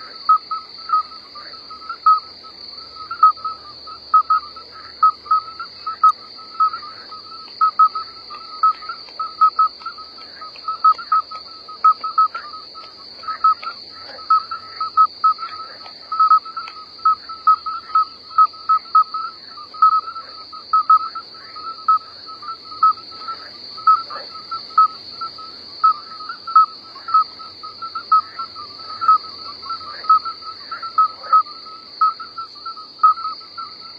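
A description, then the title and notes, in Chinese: Night in open wild country: a thin, high whine holds steady the whole time, over a lower insect-like trill that pulses in quick, regular bursts about once a second. Faint scattered ticks and rustles sit underneath. 大自然的声音 夜间荒原。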